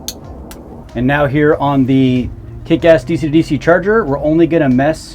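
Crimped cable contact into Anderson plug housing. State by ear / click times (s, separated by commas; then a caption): seated / 0.1 s. A crimped contact on a battery cable is pushed deep into the tunnel of a plastic Anderson plug housing until it sits flush, and it clicks into place at 0.1 s, followed by a softer tap at 0.5 s. Someone then talks. The terminal is seated.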